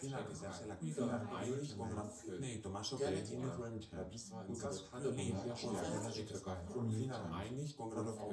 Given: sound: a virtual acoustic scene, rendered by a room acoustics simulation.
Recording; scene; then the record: noise of the scene; living room, symmetric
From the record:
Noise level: 70 dB SPL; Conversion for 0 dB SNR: 6.9 dB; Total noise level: 76.9 dB SPL